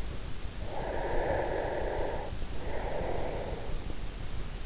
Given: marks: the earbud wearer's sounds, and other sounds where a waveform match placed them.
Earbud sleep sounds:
sounds in sleep by an in-ear microphone; breath
0.72-4.14 s: breath

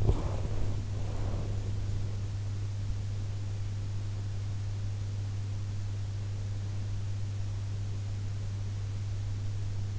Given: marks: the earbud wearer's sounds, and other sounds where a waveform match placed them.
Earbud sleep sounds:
sounds in sleep by an in-ear microphone; body movement
0.00-1.72 s: body movement

